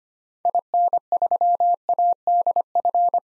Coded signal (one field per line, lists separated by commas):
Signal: Morse code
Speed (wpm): 25 wpm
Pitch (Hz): 700 Hz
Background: none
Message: IN3ADF